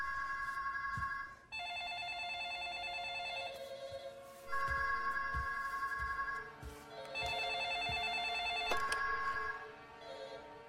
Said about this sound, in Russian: Звонят все телефоны офиса.